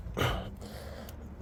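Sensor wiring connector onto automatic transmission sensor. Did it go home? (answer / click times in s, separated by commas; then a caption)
no / none. A plastic sensor wiring connector is pushed all the way onto a sensor on a D16Y5 automatic transmission during installation, producing a broad muffled push-and-rustle around 0.2–0.4 s, followed by a low steady background and a brief faint high tick near 1.1 s. The connector has not clicked or latched, held back by built-up crud and junk.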